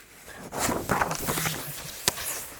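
Heavy stomping footsteps of a teacher at a school thud along in an uneven rhythm, with a few dull booming steps and one sharp, louder stomp near the end, with no talking.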